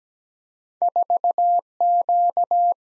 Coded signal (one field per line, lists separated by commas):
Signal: Morse code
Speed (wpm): 17 wpm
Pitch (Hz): 700 Hz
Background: none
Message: 4 Q